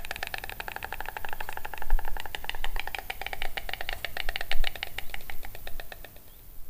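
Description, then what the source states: White stork bill clapping: a fast, wooden clattering of sharp strokes, running steadily for several seconds over a low rumbling background. Loud bill clapping made with the beak rather than the voice; used for communication in the breeding season, storks being otherwise nearly silent.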